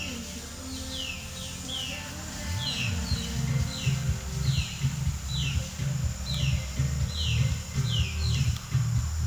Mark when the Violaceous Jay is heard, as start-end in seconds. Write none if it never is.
0.02-8.53